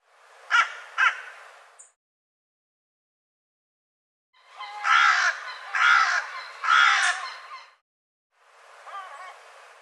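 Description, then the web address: Bird cawing: two sharp caws, a silent gap, then three drawn-out hoarse caws and a fainter, wavering call at the end. "cianscape birddata Deverinetal 2025"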